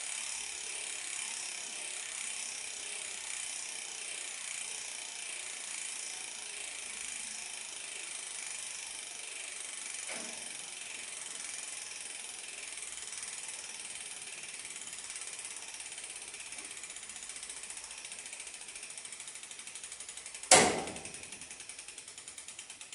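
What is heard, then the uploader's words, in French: A bicycle freewheel ticks steadily as the wheel coasts, a dense, fast, even buzz of clicks that stays bright throughout. Near the ten-second mark a faint knock sounds, and at about twenty seconds a sharp loud clack cuts in before the ticking carries on. Le bruit de la roue libre. Nouveau vélo.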